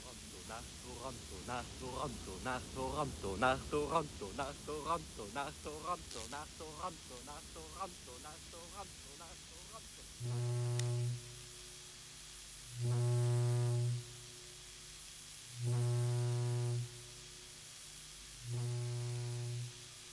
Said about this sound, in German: Aber die Motoren der August Sartori liefen gleichmäßig mit einem Geräusch, das klang ungefähr so.